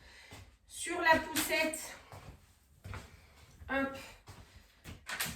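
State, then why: Seated. Someone talks while fitting a removable part onto the frame mount of a Kinderkraft Moov 3-in-1 stroller, with soft handling sounds throughout. The part clicks onto the frame at 5.2 s, the click that shows it is seated in place.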